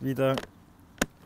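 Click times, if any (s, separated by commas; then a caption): 1.0 s. Someone talks briefly, then a single sharp snap is heard at 1.0 s as the handle of a BMW R 1200 GS (Rallye and Exclusive, 2017) motorcycle pannier case is pushed home after both locking levers have been pressed down. The handle latch seats into the case lock.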